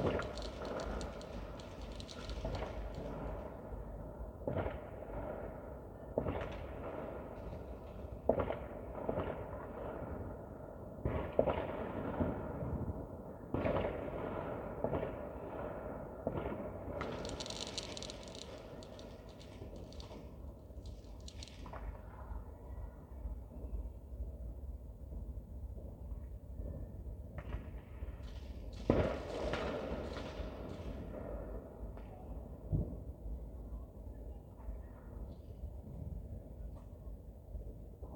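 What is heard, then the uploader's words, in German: New Year's Eve fireworks bang and crackle over a steady low rumble, with dense bursts early, quieter stretches midway, and another sharp blast near thirty seconds. Silvesternacht: Feuerwerk und Freude.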